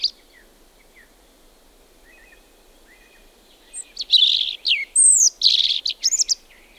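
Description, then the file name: European robin singing. A few faint high notes come first, then a loud burst of thin whistles, sliding notes and quick trills. "punarind"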